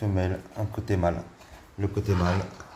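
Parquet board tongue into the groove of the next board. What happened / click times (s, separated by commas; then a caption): Handled, not yet seated: no locking click yet / none. Someone talks while handling a laminate parquet board, lining up its male tongue to fit into the female groove of the next board. Only speech is heard, and the tongue has not snapped into the groove yet, so nothing has seated or clicked.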